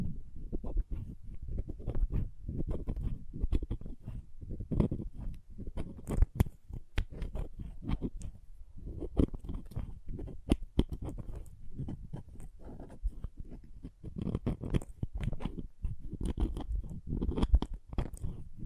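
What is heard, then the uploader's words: Crayons scrape and tap, with short dry strokes and crisp clicks following one another in an irregular, busy stream. Most of the sound is low and scratchy, broken by frequent sharp ticks. ASMR Sleepy Crayons Tapping, Carving, Cutting, Drawing Sounds (No Talking).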